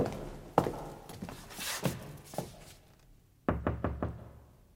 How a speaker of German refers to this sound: Peston führte uns zu einem Zimmer mit einer dicken Eichentür und klopfte.